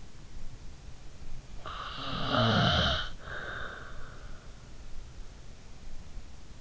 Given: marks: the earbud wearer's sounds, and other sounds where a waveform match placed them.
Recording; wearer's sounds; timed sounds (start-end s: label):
sounds in sleep by an in-ear microphone; snoring breath
1.19-4.65 s: snoring breath